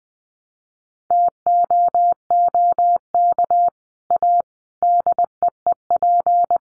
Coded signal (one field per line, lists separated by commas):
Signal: Morse code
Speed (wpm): 20 wpm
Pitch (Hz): 700 Hz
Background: none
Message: TOOK A DEEP